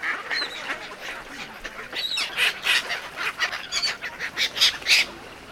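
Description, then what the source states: Duck giving irregular bursts of rapid, harsh calls over steady background noise. At a park pond.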